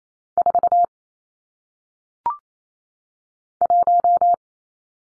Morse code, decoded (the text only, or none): 4 1